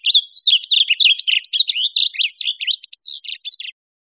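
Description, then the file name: Blue grosbeak singing one continuous rich warble of quick up-and-down notes for nearly four seconds, slowing into separate notes at the close, with no other sounds. Recorded in Costa Rica. "CR BLGR"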